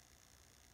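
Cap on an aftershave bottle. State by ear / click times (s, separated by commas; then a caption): not seated / none. The cap of an aftershave bottle is handled over a steady low hum, with a few faint ticks near 0.0, 0.2 and 0.3 seconds. The clip ends before the cap goes home; nothing has seated or clicked yet.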